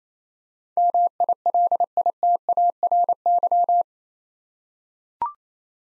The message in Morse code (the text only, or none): MILITARY